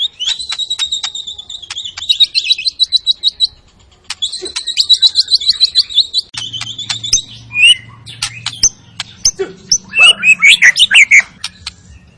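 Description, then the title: White-rumped shama song of high buzzy rapid trills and scratchy notes, with a low hum in the background. Lure recording of an energetic, full-repertoire singing shama, meant to stir up the emotion of other birds. "PANCINGAN MURAI BATU. MURAI GACOR SUPER EDAN SEMUA MATERI DI KELUARIN COCOK BUAT DONGKRAK EMOSI. SHAMA BIRD"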